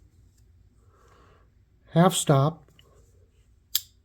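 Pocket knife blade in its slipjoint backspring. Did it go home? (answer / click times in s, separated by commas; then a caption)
yes / 3.8 s. A pocket knife blade in its slipjoint backspring is checked at the half stop, then pushed on so it snaps firmly into place against the backspring. Someone talks briefly around 2.0–2.5 s, and a sharp, bright snap lands at 3.8 s. The blade is seated with a good, firm snap.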